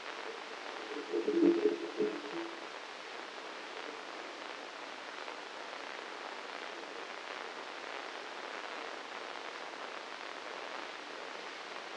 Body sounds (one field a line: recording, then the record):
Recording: brain microelectrode recording played as sound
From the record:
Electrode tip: inside the subthalamic nucleus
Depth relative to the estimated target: 2 mm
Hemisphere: left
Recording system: NeuroSet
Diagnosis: Parkinson's disease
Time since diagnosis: 9 years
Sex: male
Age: 56 years